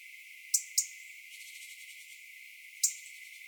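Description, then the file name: European robin giving sharp ticking calls, a quick pair early on and a single tick near the end, over soft high-pitched background hiss. "Erithacus rubecula"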